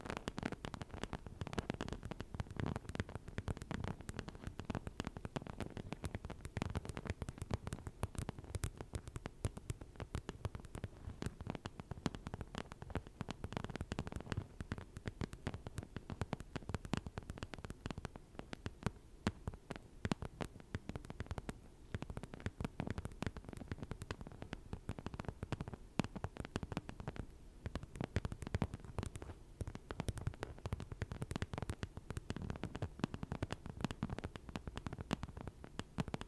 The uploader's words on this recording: ASMR 100% Pure Tapping For Tingles & Sleep (No Talking).